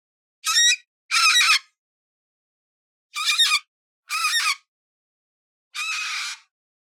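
Major Mitchell's cockatoo squawking: five harsh, grating screeches, the first two close together, then three more after a pause.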